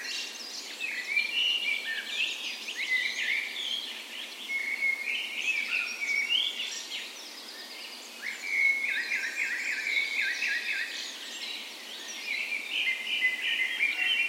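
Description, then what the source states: Birds in full chorus, dense overlapping chirps, twitters and short whistled phrases continuing throughout, over soft hiss. Dawn chorus in a park west in Bergen, Norway, on the morning of 17 May, Norway's National Day, in full spring; recorded with Sony PCM A10 and LOM Usi microphones as tree ears.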